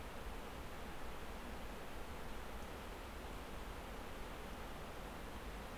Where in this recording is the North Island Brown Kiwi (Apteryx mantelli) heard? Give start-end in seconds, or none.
none